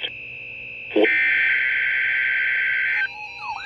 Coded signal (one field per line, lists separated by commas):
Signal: Emergency Alert System (SAME) tones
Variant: header bursts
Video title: Required Weekly Test - 10/14/20 (EAS #2,226)